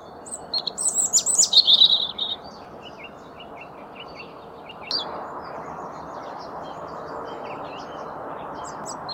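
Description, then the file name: European robin song: one thin, high warbling phrase of quick varied notes and trills for about two seconds, then faint scattered notes over a steady low background hiss. "Erithacus rubecula"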